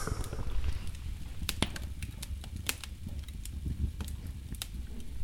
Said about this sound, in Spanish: Ese sonido que estáis escuchando es el crepitar de una chimenea, de un fuego bailarín que está justo enfrente nuestra.